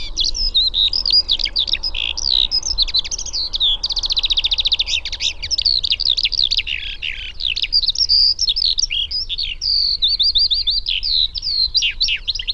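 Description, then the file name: Eurasian skylark song, a continuous rapid stream of chirps, trills and whistled notes, unbroken for the whole stretch with faint low rumble beneath. "alauda arvensis"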